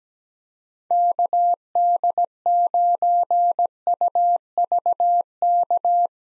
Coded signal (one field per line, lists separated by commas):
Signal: Morse code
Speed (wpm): 17 wpm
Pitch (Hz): 700 Hz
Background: none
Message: KD9UVK